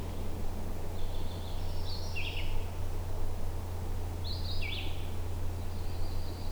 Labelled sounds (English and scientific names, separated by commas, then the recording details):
Red-eyed Vireo (Vireo olivaceus) song
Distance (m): 40 m
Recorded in boreal forest in Alberta, Canada, on 21 June 2016 at 08:58
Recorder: SongMeter 3, array SBT-6-76
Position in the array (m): 190 m, 83 m